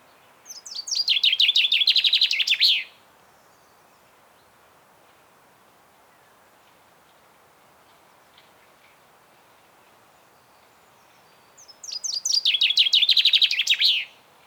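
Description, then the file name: Common chaffinch song: two bright, descending trilled phrases, each about two and a half seconds long, separated by roughly nine seconds of near silence. "Fringilla coelebs"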